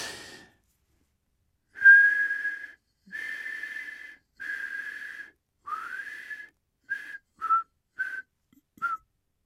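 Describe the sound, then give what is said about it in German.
A person whistles a short melody: several sustained notes, one sliding upward, followed by four quick clipped notes. The tones are clear and fairly high, with no talking. “Das Einzige, woran ich mich noch nicht erinnern kann, ist die Melodie, die ich im Bus gepfiffen habe.”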